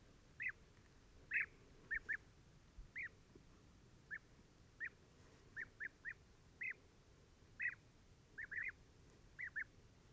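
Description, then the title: European bee-eater calls, short rolling notes repeated irregularly throughout over a steady low rumble of background noise. Pre-migration roost in a very large acacia, birds gathering in the evening to sleep and waking in the morning; Mayateg oasis, Adrar, Mauritania, 22 February 2019; Tlp7 and Mixpre 3. "Dortoir de Guêpier d'Europe - Mauritanie"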